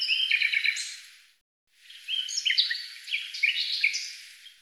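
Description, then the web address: Bird song of quick, high chirping notes and short whistles, a short phrase, a pause, then a longer tumbling stretch of rapid varied notes. "Deverinetal 2025"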